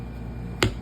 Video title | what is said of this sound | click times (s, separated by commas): April is ALMOST Done? Getting the Kives sheaths done. | locks in really well same with the tobico | 0.6 s